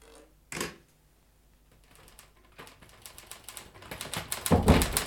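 Typewriter keys clack, opening with one sharp strike, then sparse taps that build into a quicker, louder run of keystrokes toward the end. No one speaks.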